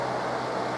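A firing pin stop (steel block) is being handled during 1911 pistol slide reassembly, with the firing pin punched down so the block can slide over it. Only a steady, broadband hum is heard throughout, with no distinct clicks. Nothing has seated or clicked yet.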